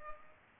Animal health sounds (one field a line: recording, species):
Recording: mosquito wingbeat signal from an infrared sensor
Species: Culex pipiens